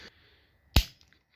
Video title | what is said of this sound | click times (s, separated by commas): Toyota Camry Windshield Wiper Blades - Replace - 2007 - Washer Blades - Windscreen | So we press our J-hook in just like that, and then we pull up until you hear a click. | 0.8 s